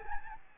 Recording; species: mosquito wingbeat signal from an infrared sensor; Aedes albopictus